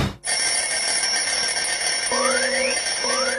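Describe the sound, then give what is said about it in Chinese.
An alarm clock rings loudly and continuously with a steady, shrill electronic tone, joined toward the end by two rising, sweeping chirps layered over the constant buzz. “关上了闹钟，我伸一个懒腰，我要对全世界说一声早上好。”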